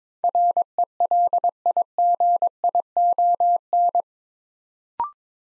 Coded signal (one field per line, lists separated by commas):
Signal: Morse code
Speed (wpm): 22 wpm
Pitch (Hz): 700 Hz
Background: none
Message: RELIGION